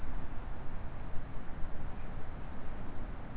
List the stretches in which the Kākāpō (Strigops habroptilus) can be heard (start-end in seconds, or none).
none